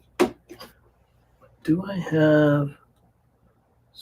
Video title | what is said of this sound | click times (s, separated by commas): Live stream I build the Galaxy Explorer | cause that back to snap in place | 0.2 s